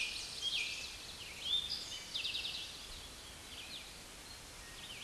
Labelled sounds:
Eastern Towhee song
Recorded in a Pennsylvania forest on 16 May 2024 at 06:05
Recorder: AudioMoth, point MSD-2287
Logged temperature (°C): 11.2 °C
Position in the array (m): 106 m, 6 m

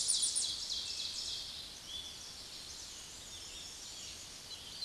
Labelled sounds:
Ovenbird song
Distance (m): 40 m
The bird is about 5 m below the microphone
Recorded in a Pennsylvania forest on 16 May 2024 at 06:15
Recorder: AudioMoth, point MSD-2306
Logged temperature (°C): 15.6 °C
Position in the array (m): 38 m, 24 m

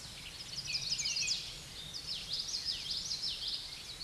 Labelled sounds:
Common Yellowthroat song
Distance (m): 25 m
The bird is about 5 m above the microphone
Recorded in a Pennsylvania forest on 16 May 2024 at 07:14
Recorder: AudioMoth, point MSD-1418
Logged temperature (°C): 16.4 °C
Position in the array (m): 233 m, 174 m

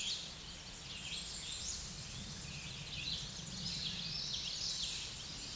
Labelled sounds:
American Redstart song
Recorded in a Pennsylvania forest on 16 May 2024 at 06:52
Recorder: AudioMoth, point MSD-1411
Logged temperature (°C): 16.1 °C
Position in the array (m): 49 m, 224 m

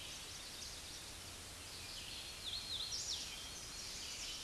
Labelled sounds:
Hooded Warbler song
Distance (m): 40 m
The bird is about 15 m above the microphone
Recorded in a Pennsylvania forest on 16 May 2024 at 07:07
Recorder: AudioMoth, point MSD-0079
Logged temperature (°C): 16.1 °C
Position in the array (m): 149 m, 117 m

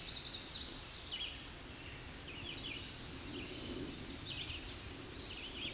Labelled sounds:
Red-eyed Vireo song
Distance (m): 50 m
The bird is about 20 m above the microphone
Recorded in a Pennsylvania forest on 16 May 2024 at 09:32
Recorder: AudioMoth, point MSD-1293
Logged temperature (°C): 12.0 °C
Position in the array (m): 59 m, 198 m

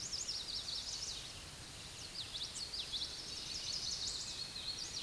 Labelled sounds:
Common Yellowthroat song
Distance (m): 15 m
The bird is about 5 m above the microphone
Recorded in a Pennsylvania forest on 16 May 2024 at 09:38
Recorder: AudioMoth, point MSD-1892
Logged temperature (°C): 14.5 °C
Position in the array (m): 90 m, 93 m

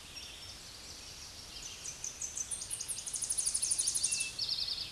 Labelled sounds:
Tennessee Warbler song
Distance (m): 50 m
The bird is about 15 m above the microphone
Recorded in a Pennsylvania forest on 16 May 2024 at 08:57
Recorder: AudioMoth, point MSD-2349
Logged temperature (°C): 15.8 °C
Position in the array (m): 8 m, 73 m

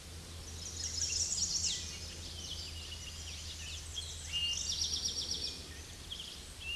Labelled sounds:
Eastern Towhee song
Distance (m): 20 m
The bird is about 5 m above the microphone
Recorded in a Pennsylvania forest on 16 May 2024 at 08:06
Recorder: AudioMoth, point MSD-2074
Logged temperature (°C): 16.3 °C
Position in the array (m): 184 m, 195 m

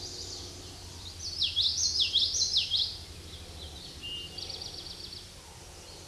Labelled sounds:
Common Yellowthroat song
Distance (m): 10 m
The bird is about 5 m above the microphone
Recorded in a Pennsylvania forest on 16 May 2024 at 08:06
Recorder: AudioMoth, point MSD-1342
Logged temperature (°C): 15.5 °C
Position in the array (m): 226 m, 181 m

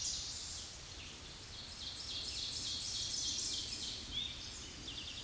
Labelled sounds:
Ovenbird song
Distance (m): 30 m
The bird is about level with the microphone
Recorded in a Pennsylvania forest on 16 May 2024 at 06:51
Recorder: AudioMoth, point MSD-2376
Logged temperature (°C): 16.7 °C
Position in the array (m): 138 m, 30 m

